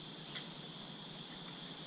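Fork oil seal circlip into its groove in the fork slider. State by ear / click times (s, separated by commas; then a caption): seated / 0.4 s. A metal retaining circlip for the fork oil seal is worked around inside the right-hand front fork slider of a Honda CBR250R MC19 motorcycle, feeling for its groove. A single sharp snap at 0.4 s stands out against a steady background hiss as the circlip seats in its groove.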